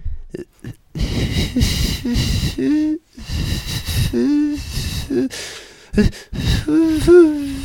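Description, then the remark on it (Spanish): A man tries to whistle like a bird but produces mostly breathy, hissing puffs of air, broken by short wavering hoots and squeaks, in an uneven series of loud bursts with brief pauses. “Vengo aquí hoy para demostrar que mi talento como silbador, es decir, que sé silbar e imitar a cualquier pájaro, y a ello me dedico todo el día.”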